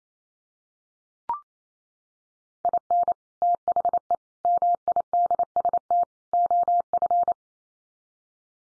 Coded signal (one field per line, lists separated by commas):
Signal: Morse code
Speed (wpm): 28 wpm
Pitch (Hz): 700 Hz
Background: none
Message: IN THE MIDST OF